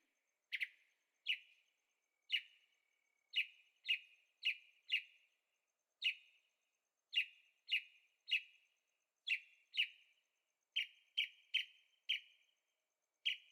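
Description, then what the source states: Bird song: a steady series of short sharp chirps, sometimes in quick clusters of two or three, continuing throughout. Birds singing at night in Carefree, Arizona; recorded in stereo on a Zoom H6.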